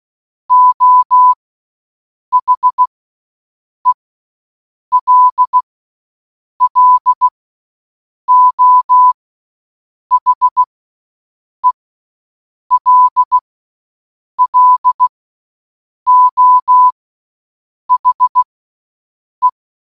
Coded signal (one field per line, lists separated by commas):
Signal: Morse code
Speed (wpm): 16 wpm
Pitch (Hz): 1000 Hz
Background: none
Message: O HELLO HELLO HE